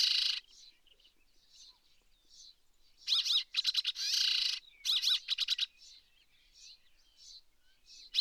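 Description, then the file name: Rock sparrow calling with a nasal buzz, then clipped rattling bursts and drawn-out rasps, soft twitters in between. Subspecies brevirostris; recorded at Erdenesant, Mongolia, 23 May 2013. "130523 crsparr-brevirostris-1-S mng erdenesant"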